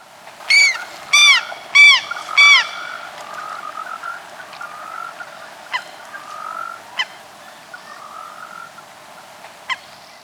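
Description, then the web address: Andean gull uttering four loud, ringing, arched calls just over half a second apart, followed by softer drawn-out notes and a few sharp clicks against faint background hiss. Recorded in Ecuador. "Birds of Ecuador. Andean Gull"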